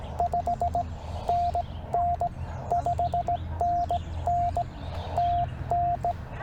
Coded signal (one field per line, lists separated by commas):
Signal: Morse code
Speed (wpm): 16 wpm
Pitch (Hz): 690 Hz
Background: none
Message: 5NN 5NN TN